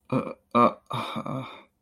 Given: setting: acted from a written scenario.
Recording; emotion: vocal sound without words; shame